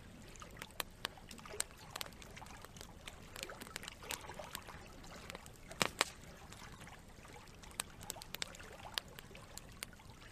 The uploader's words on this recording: Creekside Campfire. Crackling, burning campfire with calming, relaxing water running by as you enjoy the fireside heat! All Raw and mixed audio recorded on: Focusrite Scarlett CM25, Focusrite Scarlett 2i2 Audio interface.